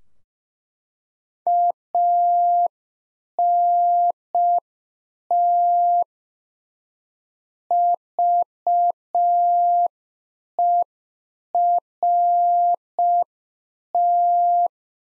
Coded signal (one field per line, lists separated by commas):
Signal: Morse code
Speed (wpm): 5 wpm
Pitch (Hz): 700 Hz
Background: none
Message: ANT VERT